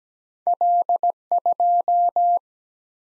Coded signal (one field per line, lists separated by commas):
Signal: Morse code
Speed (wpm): 17 wpm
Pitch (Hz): 700 Hz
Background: none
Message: L 2